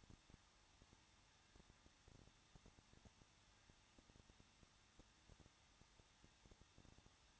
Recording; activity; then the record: daily activity, microphone in the room; no activity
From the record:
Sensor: 3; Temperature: 21.2 degrees Celsius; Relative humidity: 36.3%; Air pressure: 1006.4 hPa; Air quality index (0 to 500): 221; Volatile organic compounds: 40 ppm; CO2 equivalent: 3146 ppm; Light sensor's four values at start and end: 2/3/2/2 and 2/3/2/2